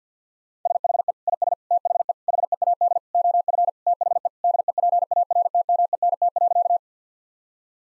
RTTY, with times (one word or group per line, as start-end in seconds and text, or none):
none